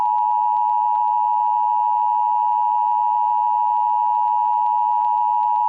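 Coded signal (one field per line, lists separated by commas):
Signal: Emergency Alert System (SAME) tones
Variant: 853 and 960 Hz attention tone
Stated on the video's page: Fictional EAS scenario, a simulated alert.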